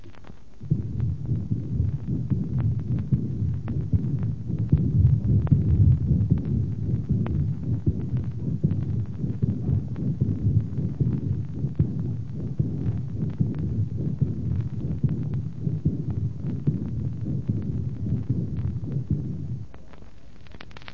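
Steady heartbeat at about 75 a minute, overlaid by a continuous low rumbling murmur that fills much of each cycle. This is aortic regurgitation in an adult, with an accompanying systolic murmur that sounds rougher, reflecting backflow through a leaky aortic valve alongside increased forward flow.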